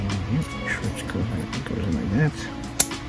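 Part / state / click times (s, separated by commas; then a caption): metal battery terminal into plastic model car chassis / seated / 2.8 s. A second metal battery terminal is pushed into the plastic MA chassis of a Tamiya Mini 4WD model car while someone talks over background music. A single sharp click at 2.8 s marks the terminal seating and locking in place.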